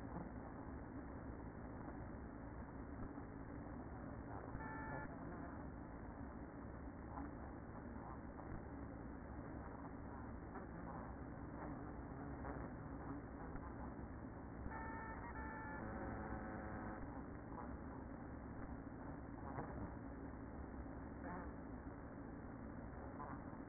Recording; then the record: honeybee colony, microphone inside the hive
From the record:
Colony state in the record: queen present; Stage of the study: after two queens were removed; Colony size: about 60,000 bees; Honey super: yes